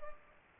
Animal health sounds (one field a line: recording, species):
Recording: mosquito wingbeat signal from an infrared sensor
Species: Culex pipiens